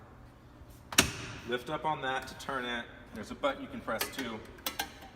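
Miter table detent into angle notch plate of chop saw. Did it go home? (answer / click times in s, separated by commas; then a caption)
yes / 4.7 s, 4.8 s. With the lock lever lifted, the metal miter table of a chop saw is rotated so its detent clicks into the angle notch plate, which has notches for common angles, while someone talks throughout. A sharp knock sounds near 1.0 s, and the detent clicks into a notch at 4.7 s and 4.8 s, seating the table at an angle.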